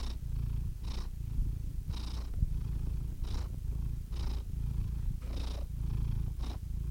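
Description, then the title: Domestic cat purr, low and throaty, rising and falling with each breath across several cycles. Compilation of domestic cats, from kittens to old cats. "Compilation of Cat Meows #CatMeows #CuteKittens"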